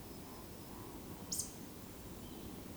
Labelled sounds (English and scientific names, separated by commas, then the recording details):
Eurasian Woodcock (Scolopax rusticola) whistle
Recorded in Baden-Württemberg, Germany, on 28 May 2020 at 19:54 UTC
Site 31917, 145 m above sea level